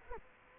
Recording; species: mosquito wingbeat signal from an infrared sensor; Culex quinquefasciatus